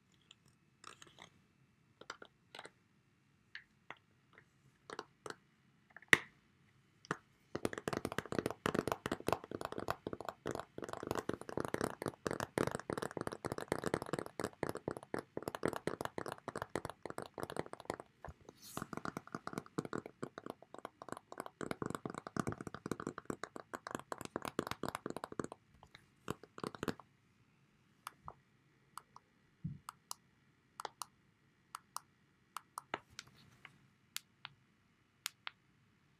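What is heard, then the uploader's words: A tablet and its case being handled. Scattered clicks and taps open the recording, then from about 7 to 25 seconds come dense, rapid tapping and rattling, before thinning back to occasional sharp clicks. Ipad & Case. Quick and relaxing sounds with an Apple iPad and case.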